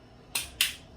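A torque wrench tightens the turret head on a reloading press back down until the wrench clicks at its setting. Two sharp, bright clicks are heard at 0.4 s and 0.6 s over low background noise, with no talk.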